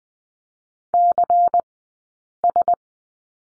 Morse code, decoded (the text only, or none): CS